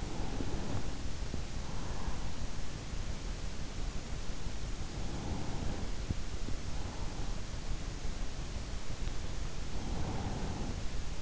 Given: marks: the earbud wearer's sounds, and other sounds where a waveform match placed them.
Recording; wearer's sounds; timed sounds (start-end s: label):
sounds in sleep by an in-ear microphone; breath
0.00-1.48 s: breath
4.92-6.23 s: breath
9.73-11.21 s: breath